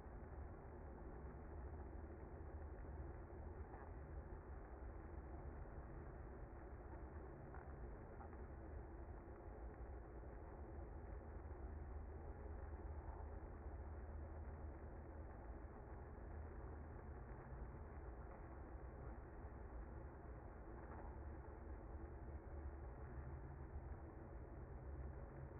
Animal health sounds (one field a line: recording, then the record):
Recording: honeybee colony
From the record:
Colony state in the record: active